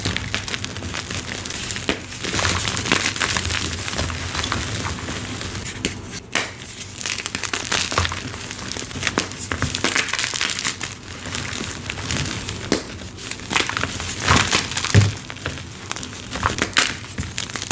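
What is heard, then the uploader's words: Gym chalk is crushed and squeezed in a continuous run of dry, gritty crinkling, with dense bright crackles packed closely together. Louder crunches stand out now and then, around six seconds and again near fifteen, over a low steady hum. Random Gym Chalk Crushes.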